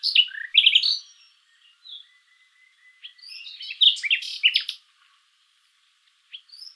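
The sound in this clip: Common nightingale song: loud buzzy chattering notes, a thin high whistle, soft scattered chips, then a burst of rich varied trills and clicks ending in short rising notes.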